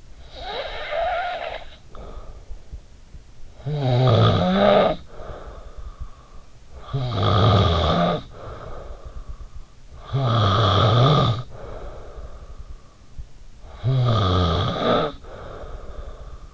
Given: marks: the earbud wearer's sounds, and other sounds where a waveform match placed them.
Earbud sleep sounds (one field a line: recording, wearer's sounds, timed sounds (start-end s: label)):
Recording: sounds in sleep by an in-ear microphone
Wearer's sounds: snoring breath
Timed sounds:
0.16-3.13 s: snoring breath
3.33-6.47 s: snoring breath
6.62-12.82 s: snoring breath
13.08-16.45 s: snoring breath